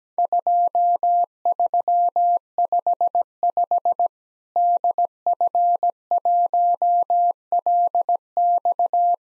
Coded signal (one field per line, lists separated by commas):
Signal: Morse code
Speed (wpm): 17 wpm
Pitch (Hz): 700 Hz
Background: none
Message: 2355 DF1LX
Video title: Worked All Europe DX Contest QTC Exchange with Repeats 17wpm